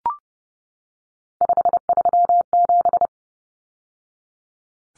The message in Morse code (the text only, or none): 537